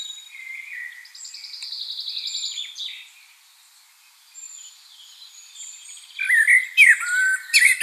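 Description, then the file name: Common blackbird song phrase, loud fluted notes with squeaky twitters near the end, after a softer rapid buzzing trill of high notes and a quiet gap. "Turdus merula"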